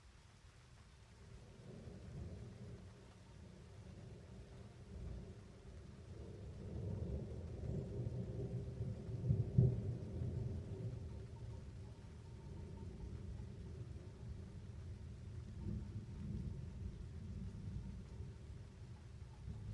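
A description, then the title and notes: A mountain storm heard from a house window, with a deep, continuous rumble of thunder rolling through most of the twenty seconds. The rumble builds from quiet to a heavier peak near the middle, then holds steady under a soft hiss of rain. As the rainstorm approaches, the rain and thunder then intensify. Storm in the mountains. In the French Alps, close to Cruseilles, the recording was captured from a window of a home.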